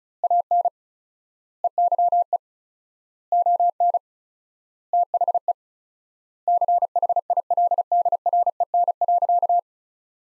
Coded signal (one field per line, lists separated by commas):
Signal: Morse code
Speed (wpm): 34 wpm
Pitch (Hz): 700 Hz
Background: none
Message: AN EYE ON THE CHILDREN.